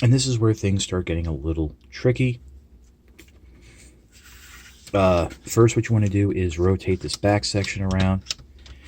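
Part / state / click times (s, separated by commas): back section of a transforming toy robot, locking behind the legs / not seated / none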